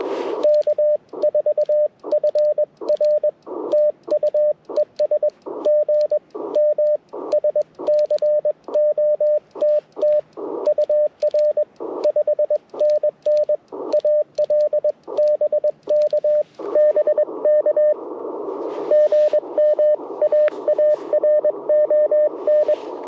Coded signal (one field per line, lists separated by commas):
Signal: Morse code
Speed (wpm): 22 wpm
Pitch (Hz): 600 Hz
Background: radio noise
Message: K4FR TU ES GM SCOTT UR 5NN AL BK BK GM AARON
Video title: Morning Morse Code - 01/11/2025